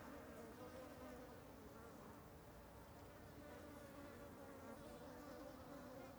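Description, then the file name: Fly: a swarm of flies buzzing without pause, a thick humming drone with shifting, slightly warbling wingbeat tones. Ambience of many flies flying over something. "Ambiencia de Muitas Moscas Sobrevoando algo"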